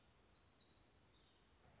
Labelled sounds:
Black-throated Gray Warbler

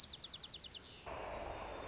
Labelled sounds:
White-crowned Sparrow

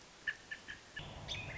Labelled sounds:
American Robin

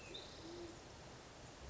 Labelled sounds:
Band-tailed Pigeon

